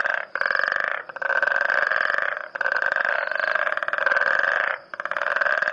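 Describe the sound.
Frog trills, coarse and buzzy, made of fast pulses, running in long bursts separated by clear short silences.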